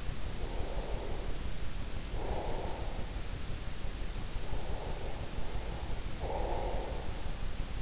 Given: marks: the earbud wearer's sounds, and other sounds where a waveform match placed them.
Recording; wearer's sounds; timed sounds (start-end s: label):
sounds in sleep by an in-ear microphone; breath
0.00-3.48 s: breath
4.34-7.71 s: breath